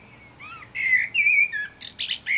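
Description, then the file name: Common blackbird song fragment, a few mellow fluted whistles followed by brief high squeaky notes. "Turdus merula"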